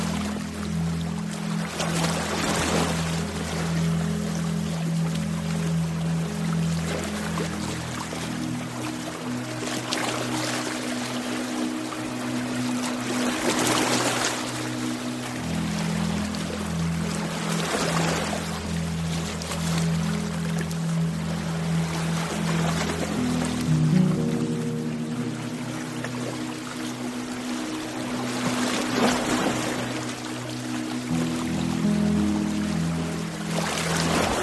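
Ocean waves wash in and out under a soft, steady musical drone of sustained low notes. Surges of splashing swell every few seconds, around 2, 7, 14, 24 and 30 seconds, while the held tones shift pitch slowly throughout.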